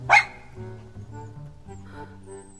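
A small light-brown dog, sitting up on its hind legs two steps away, lets out one sharp, high-pitched yap right at the start, then falls silent while a low, steady tonal drone continues underneath.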